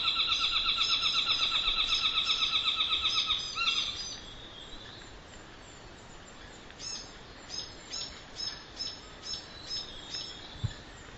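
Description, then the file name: Saddleback territorial calls: a loud, fast, even chatter of rapid notes for four seconds, then quieter chattering phrases from about seven seconds onward. Two pairs giving territorial calls; recorded 20 December 2007. "Saddleback two pairs territorial calls 20071220"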